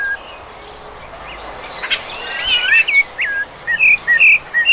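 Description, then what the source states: Rufous-bellied Thrush song: clear whistled phrases, growing louder and more frequent in the second half, over a steady hiss. Song played on a radio show at a listener's request; called the song of Brazil's national symbol, the thrush with the purple breast.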